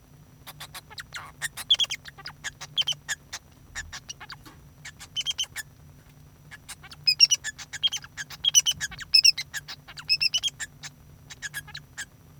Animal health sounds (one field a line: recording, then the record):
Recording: song of a male Bengalese finch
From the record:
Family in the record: son of father 2